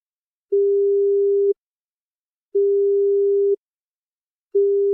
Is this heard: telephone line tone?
yes